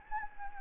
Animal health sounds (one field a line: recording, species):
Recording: mosquito wingbeat signal from an infrared sensor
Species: Anopheles gambiae